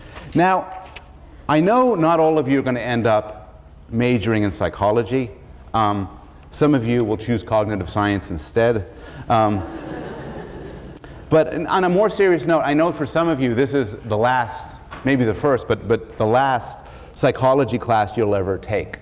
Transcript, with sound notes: Now, I know not all of you are going to end up majoring in psychology. Some of you will choose cognitive science instead [laughter] but on a more serious note I know for some of you this is the last — maybe the first but the last psychology class you'll ever take.